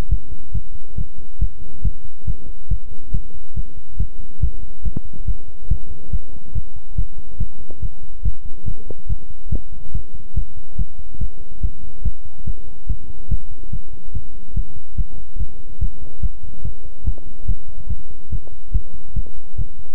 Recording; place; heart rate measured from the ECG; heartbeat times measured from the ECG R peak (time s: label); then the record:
heart sounds by stethoscope; between the tricuspid and mitral areas; 142 bpm
0.09 s: heartbeat
0.52 s: heartbeat
0.96 s: heartbeat
1.39 s: heartbeat
1.82 s: heartbeat
2.25 s: heartbeat
2.69 s: heartbeat
3.12 s: heartbeat
3.54 s: heartbeat
3.98 s: heartbeat
4.40 s: heartbeat
4.83 s: heartbeat
5.25 s: heartbeat
5.68 s: heartbeat
6.10 s: heartbeat
6.53 s: heartbeat
6.96 s: heartbeat
7.38 s: heartbeat
7.80 s: heartbeat
8.23 s: heartbeat
8.65 s: heartbeat
9.07 s: heartbeat
9.50 s: heartbeat
9.92 s: heartbeat
10.34 s: heartbeat
10.76 s: heartbeat
11.19 s: heartbeat
11.61 s: heartbeat
12.03 s: heartbeat
12.45 s: heartbeat
12.87 s: heartbeat
13.29 s: heartbeat
13.71 s: heartbeat
14.13 s: heartbeat
14.54 s: heartbeat
14.95 s: heartbeat
15.37 s: heartbeat
15.79 s: heartbeat
16.21 s: heartbeat
16.63 s: heartbeat
17.04 s: heartbeat
17.46 s: heartbeat
17.88 s: heartbeat
18.30 s: heartbeat
18.72 s: heartbeat
19.14 s: heartbeat
19.56 s: heartbeat
From the record:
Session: pedaling a stationary bicycle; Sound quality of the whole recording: good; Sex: male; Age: 24 years